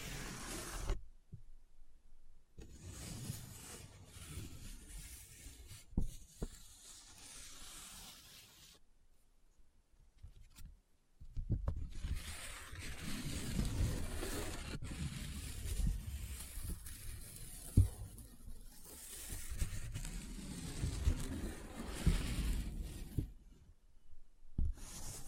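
Paper being folded, rubbed and crinkled close up, with rustling bursts across the clip broken by near-silent pauses around one second and again near ten to eleven seconds. The handling is dense and uneven, with low scuffs under crisp, bright crackles and scattered sharp clicks.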